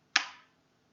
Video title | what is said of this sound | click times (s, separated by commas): ReneaBouquets Sweet Garden Fairy Tutorial Part 2 | It's just going to snap into place. | 0.2 s